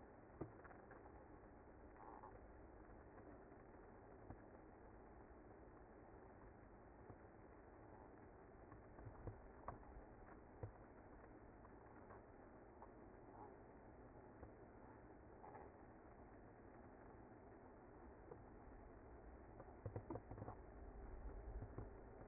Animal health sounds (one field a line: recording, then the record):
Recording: honeybee colony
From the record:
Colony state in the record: active